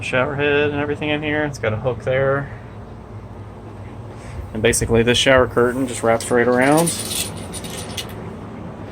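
Inside a remodeled 1968 Airstream Caravel Land Yacht travel trailer, someone talks while wrapping the shower curtain around the shower, bringing its fastener toward the wall mount. A brief sharp sound comes near 8.0 s. Nothing has seated or clicked into place yet.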